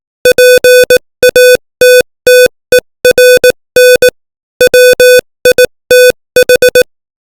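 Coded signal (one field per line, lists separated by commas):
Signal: Morse code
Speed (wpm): 18 wpm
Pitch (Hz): 500 Hz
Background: music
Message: PATTERN WITH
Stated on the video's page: Morse code practice at 18 WPM, opening with VVV, sending English text.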